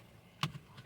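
A wiring harness connector behind the rear door trim of a 7th-gen Maxima is reattached to the door trim switch, which it fits only one way. A single sharp click at 0.4 s, followed by faint softer ticks, confirms the connector is seated.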